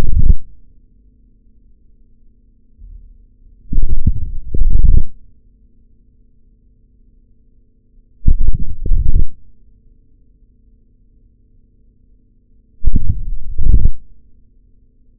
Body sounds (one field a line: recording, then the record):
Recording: forearm muscle sounds (acoustic myography)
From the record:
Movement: forearm pronation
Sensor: system 3, bracelet of six PUI Audio POM-2738L microphones around the upper forearm, with dedicated amplification and filtering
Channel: 4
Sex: male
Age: 26 years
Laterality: right